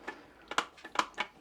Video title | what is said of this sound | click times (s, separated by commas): Nintendo Switch 2 is HERE! Ultimate Unboxing & Hands-On | Don't know how that clicks back into place. There we go. | 1.0 s